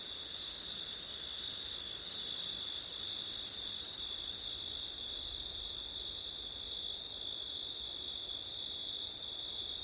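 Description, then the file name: Crickets sing an even, continuous high-pitched trill for the whole stretch, at two shrill pitches. Crickets on a September night in wind. "crickets wind september night ortif"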